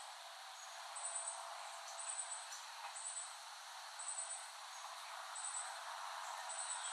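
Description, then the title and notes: Cicada: steady drone with repeated short high buzzes on top. Cicadas, recorded by Dan Bodah in West Brighton, Staten Island, late summer 2008. "Dronecast. The Cicadas of Summer. Recording of cicadas made by Dan Bodah in West Brighton, Staten Island, late summer 2008"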